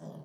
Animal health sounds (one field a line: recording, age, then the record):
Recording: pig call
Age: piglet (1 to 25 days)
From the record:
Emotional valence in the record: negative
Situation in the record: short isolation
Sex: female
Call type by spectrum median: low-frequency call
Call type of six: low-frequency stable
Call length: 0.26 s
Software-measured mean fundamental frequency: 70 Hz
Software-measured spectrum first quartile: 173 Hz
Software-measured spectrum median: 297 Hz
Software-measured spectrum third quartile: 644 Hz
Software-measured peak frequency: 170 Hz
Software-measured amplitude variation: 162 dB a second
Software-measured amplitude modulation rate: 25.4 a second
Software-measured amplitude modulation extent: 6.4 dB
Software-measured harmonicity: 2.4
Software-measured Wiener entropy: -0.03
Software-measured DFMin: 995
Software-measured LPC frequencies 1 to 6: 1614, 3255, 5056, 5916, 6824, 7599 Hz